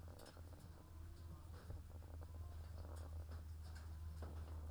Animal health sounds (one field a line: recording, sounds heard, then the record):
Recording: poultry house recording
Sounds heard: sick chickens (respiratory disease)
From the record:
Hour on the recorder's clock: 13